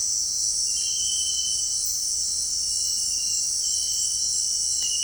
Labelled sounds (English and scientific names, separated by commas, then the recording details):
none
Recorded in dense forest near Puerto Asís, Putumayo, Colombia, on 18 February 2024 at 18:00
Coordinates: 0.485, -76.325
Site G6429